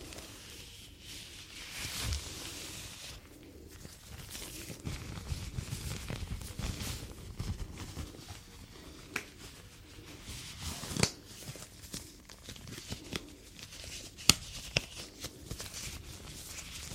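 Gloves rub and crinkle in soft, uneven rustles, with sharp snapping clicks around 11 and 14 seconds and a low handling rumble.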